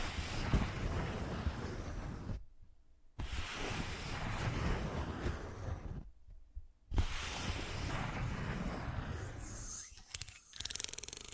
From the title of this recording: ASMR Fast Changing Unpredictable Triggers